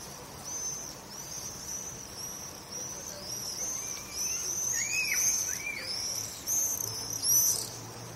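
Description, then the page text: Swifts calling with high, buzzy screams repeated in rolling bursts, with a few lower calls in the middle. "Стрижи - Пение стрижей"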